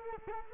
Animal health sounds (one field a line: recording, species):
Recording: mosquito wingbeat signal from an infrared sensor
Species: Culex quinquefasciatus